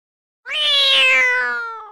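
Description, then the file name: Cat giving a single long, drawn-out meow that rises slightly then slowly falls and fades, rich and harmonic, lasting about one and a half seconds. "koshka"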